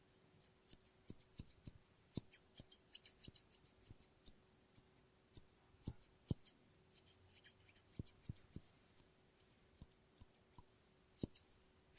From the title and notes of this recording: ASMR Scissors No Talking Snips and Cutting Paper.